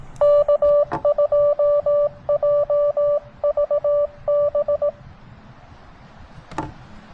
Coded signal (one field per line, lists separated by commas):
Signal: Morse code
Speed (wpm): 22 wpm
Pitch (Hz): 590 Hz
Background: none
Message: K2JVB